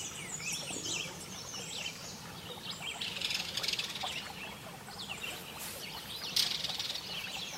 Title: Relaxing Birdsong - HD Lake and Forest